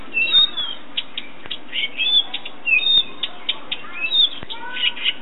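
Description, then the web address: Thrush delivering quick whistled phrases, rising and falling slurs mixed with sharp ticks, continuing without long gaps. "Golosa ptic - Penie drozda. Ptica - Penie ptic - Drozd"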